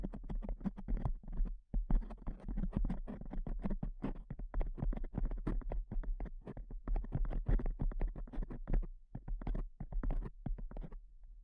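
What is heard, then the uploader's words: Fast tapping runs nearly nonstop, dense clusters of quick, dull taps with only brief gaps around 1.7 and 9 seconds. The pace shifts between rapid bursts and slightly looser stretches. A steady low hum sits underneath throughout. ASMR Pure Tapping Fast and Slow (No Talking).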